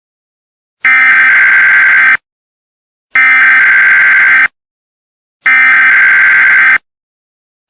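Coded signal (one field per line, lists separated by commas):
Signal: Emergency Alert System (SAME) tones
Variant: header bursts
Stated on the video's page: Fictional EAS scenario made for fun.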